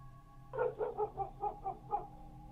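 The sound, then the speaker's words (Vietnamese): A black dog barks loudly outside amid wind and rain in a quick series of about seven sharp, mid-pitched barks, over a steady low background rumble. “Còn đang suy nghĩ thì trong tiếng mưa gió ở bên ngoài, tiếng con chó mực lại cắn lên ông ổng.”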